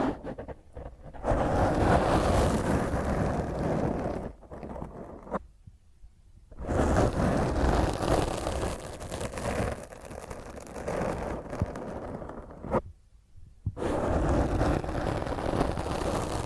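Rough fingernails scratch across a microphone in dense, gritty bursts, broken by brief pauses near four, six and thirteen seconds.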